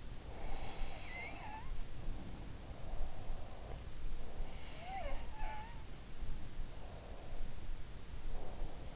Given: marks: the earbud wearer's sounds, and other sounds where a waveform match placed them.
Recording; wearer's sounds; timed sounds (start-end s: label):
sounds in sleep by an in-ear microphone; breath
0.29-4.00 s: sound from someone else or the room
2.58-4.00 s: breath
4.50-6.03 s: sound from someone else or the room
6.58-8.96 s: breath